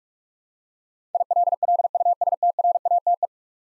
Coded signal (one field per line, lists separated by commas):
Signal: Morse code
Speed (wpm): 41 wpm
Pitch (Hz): 700 Hz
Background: none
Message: ILLUSTRATE